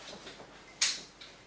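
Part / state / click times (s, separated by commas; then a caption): stroller brake line rod into rear axle / seated / 0.8 s. On a TFK Twiner Twist Duo stroller, the brake-line piece, with its rod through the centre of the wheel, is pushed onto the rear axle while the release button is held. A single sharp click at 0.8 s marks it locking into place, followed by a fainter tick at 1.2 s. The piece is seated and locked onto the axle.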